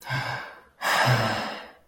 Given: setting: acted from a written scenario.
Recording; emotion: vocal sound without words; sadness